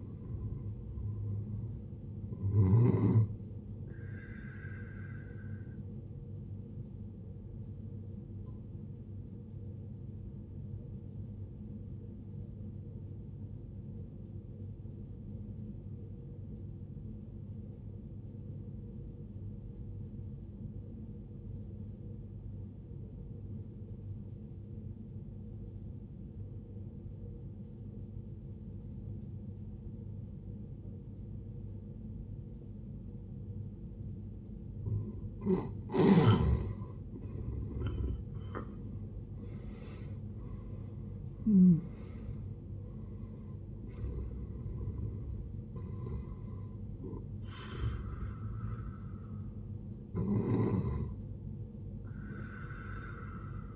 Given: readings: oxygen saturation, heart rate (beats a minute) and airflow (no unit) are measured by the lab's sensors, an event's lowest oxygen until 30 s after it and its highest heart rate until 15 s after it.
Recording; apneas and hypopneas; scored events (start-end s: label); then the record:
breathing in sleep by a smartphone at the bedside; 1
15.00-45.00 s: new sleep stage, N2 (light sleep)
17.00-31.80 s: obstructive apnea (N2, oxygen 94% highest, then 75% lowest, heart rate 64 at the start, 81 highest)
45.00-53.76 s: new sleep stage, N1 (lightest sleep)
From the record:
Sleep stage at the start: N1 (lightest sleep); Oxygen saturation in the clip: 77 to 94%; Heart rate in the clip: 56 to 81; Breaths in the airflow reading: 8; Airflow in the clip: -17.1 to 17.7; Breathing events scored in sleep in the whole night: 389 in 6.3 hours asleep